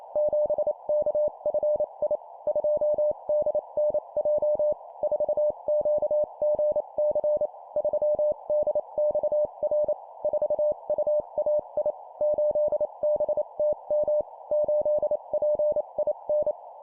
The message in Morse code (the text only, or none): 7KFI 2DNJ 4QGC 3DXR 4UAI 8BTM 8PIN